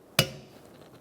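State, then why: Seated. A new wiper blade is slid onto the hook of the windshield wiper arm on a 2014–2019 Kia Soul and pushed until its plastic adapter clip locks. A single sharp, loud click at 0.2 s confirms the blade is seated on the arm. The click decays quickly into a quiet background.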